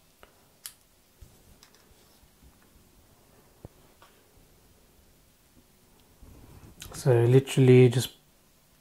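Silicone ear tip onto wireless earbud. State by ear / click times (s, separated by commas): not seated / none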